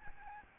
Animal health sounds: mosquito wingbeat signal from an infrared sensor; Aedes albopictus

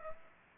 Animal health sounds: mosquito wingbeat signal from an infrared sensor; Aedes aegypti

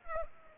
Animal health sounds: mosquito wingbeat signal from an infrared sensor; Culex pipiens

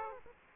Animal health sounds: mosquito wingbeat signal from an infrared sensor; Aedes aegypti

